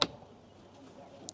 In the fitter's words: ดังแก๊กนะครับแล้วก็อีกฝั่งนึงเข้าที่เครื่องยนต์นะครับ